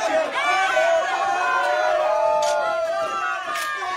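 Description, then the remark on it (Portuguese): An angry crowd shouts and yells together in a dense, continuous roar of overlapping raised voices, steady and loud throughout with occasional sharper cries standing out. “É uma multidão enfurecida.”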